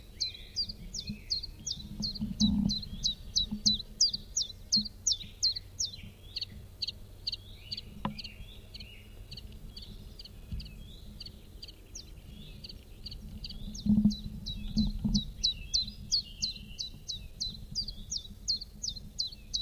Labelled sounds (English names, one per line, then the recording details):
Common Chiffchaff song
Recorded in the wild
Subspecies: collybita
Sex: male
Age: adult
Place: Ramsau, Bayern, DE
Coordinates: 47.6097, 12.8567
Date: 1964-05-31
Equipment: LGS26
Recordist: Faber, A. and Stumbrat
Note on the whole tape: Hintersee, am Haus Jordan. Auf diesem Band auch Aufnahmen am 03. Juni um 6 Uhr.Gewöhnliche Gesänge. Beide Aufnahmen vom gleichen Vogel. Son130/coll.24